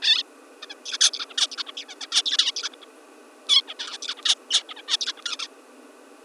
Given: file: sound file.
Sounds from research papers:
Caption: Example of a Song from the Bird prior to TTX Inactivation of LMAN (Bout 1)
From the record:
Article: Vocal Experimentation in the Juvenile Songbird Requires a Basal Ganglia Circuit

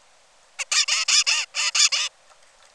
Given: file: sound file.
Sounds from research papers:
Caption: Song of bird #3 (56 days post-hatch).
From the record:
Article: Common Features of Neural Activity during Singing and Sleep Periods in a Basal Ganglia Nucleus Critical for Vocal Learning in a Juvenile Songbird

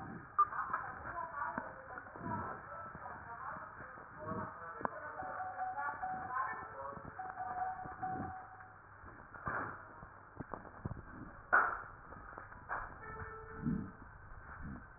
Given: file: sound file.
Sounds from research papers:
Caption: Two respiratory medicine physicians separately listened to the recordings and characterized them as follows: (4) “Velcro” type fine crackles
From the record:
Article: Back to the future: the novel art of digital auscultation applied in a prospective observational study of critically ill Covid-19 patients

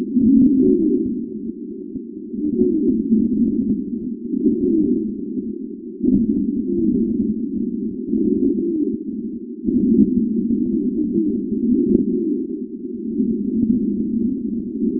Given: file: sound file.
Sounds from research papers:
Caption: Lung sound recorded in a patient of Type II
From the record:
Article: A two-stage amplified PZT sensor for monitoring lung and heart sounds in discharged pneumonia patients

